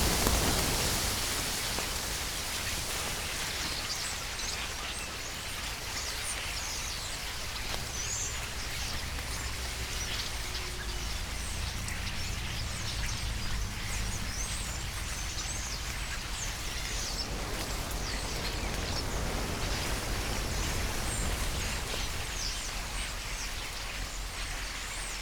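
Starlings gather in the evening, a dense, steady chatter of countless high squeaks and clicks with a low rumble beneath throughout.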